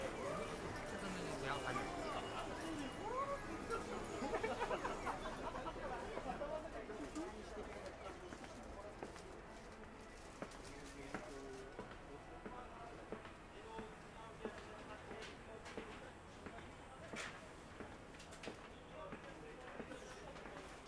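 Daytime street ambience in Akihabara: a dense crowd murmur with overlapping voices, loudest over the first seven seconds. Afterward it settles into a steadier, slightly quieter hum of chatter and traffic, marked by scattered short clicks and taps throughout.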